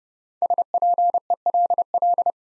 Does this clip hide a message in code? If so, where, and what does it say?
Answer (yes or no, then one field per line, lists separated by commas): yes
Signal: Morse code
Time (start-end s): 0.4-2.3 s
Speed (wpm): 30 wpm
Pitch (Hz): 700 Hz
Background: none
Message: SPELL